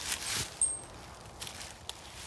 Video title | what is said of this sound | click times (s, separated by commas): How to Safely Ascend a Tree for Hunting | so that's locked into place | 1.9 s